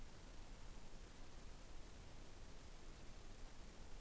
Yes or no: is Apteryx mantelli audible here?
no